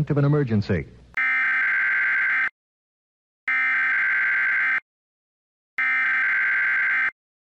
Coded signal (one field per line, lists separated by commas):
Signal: Emergency Alert System (SAME) tones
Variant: header bursts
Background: speech